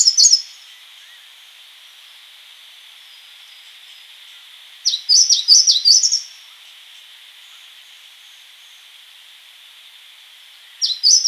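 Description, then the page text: Grey-cheeked warbler song, high rapid trilled phrases: one brief at the start, a longer broken burst near five seconds, another at the end, over constant background hiss. "Grey-Cheeked Warbler Song. Quick Sounds"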